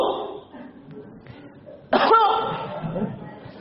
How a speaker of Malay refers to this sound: Buang air kecil. Kudu batuk nanti dua tilu kali.